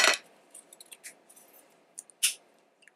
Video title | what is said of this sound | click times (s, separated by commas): TM G17 - Nova Zev 17L Slide kit :) | as you can see it actually snaps into place and the fitment is fairly tight you can take it off by hand | 2.0 s